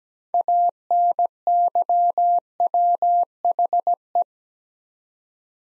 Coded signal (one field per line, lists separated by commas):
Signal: Morse code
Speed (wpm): 17 wpm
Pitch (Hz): 700 Hz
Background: none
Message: ANYWHE